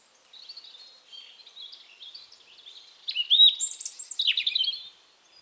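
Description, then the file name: European robin song: soft, high, scratchy warbling that builds into louder, sharper phrases with very high thin notes and quick falling trills. "Erithacus rubecula"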